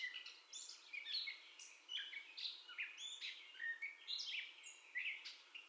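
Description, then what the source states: Gray catbird song of scratchy chips and sweet slurred whistles delivered in rapid, irregular phrases. Gray catbird's first song heard, recorded 30 May 2021.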